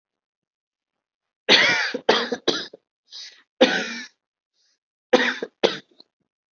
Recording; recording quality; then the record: heavy voluntary cough; excellent, no background noise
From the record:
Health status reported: healthy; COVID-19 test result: negative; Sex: male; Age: 18 years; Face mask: worn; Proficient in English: yes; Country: India